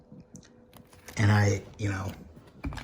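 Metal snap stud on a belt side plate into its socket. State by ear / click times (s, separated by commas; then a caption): not seated / none. A metal snap stud on a belt side plate is pressed toward its socket, and it fails to snap in. Faint tapping and fumbling sounds come through, and someone talks. Nothing has seated or clicked yet.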